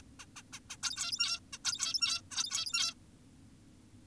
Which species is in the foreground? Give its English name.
Zebra Finch